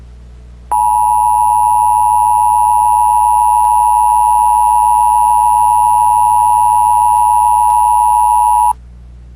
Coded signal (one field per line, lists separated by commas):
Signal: Emergency Alert System (SAME) tones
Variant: 853 and 960 Hz attention tone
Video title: Shattered Dawn [EAS Scenario/Analog Horror] - Foxtrot Foundation